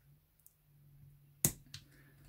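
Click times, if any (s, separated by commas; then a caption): 1.4 s. A spring retaining circlip is pressed into the groove on the motor shaft of a Braun coffee grinder during a seized-bearing repair, held in the groove under pressure until it clicks into place. Faint ticks around 0.4 and 0.5 s sound over a steady low hum, then a sharp, loud snap at 1.5 s as the clip seats home, followed by a smaller click at 1.7 s. The clip is seated.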